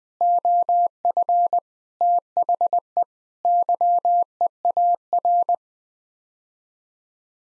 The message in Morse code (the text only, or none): OF THE YEAR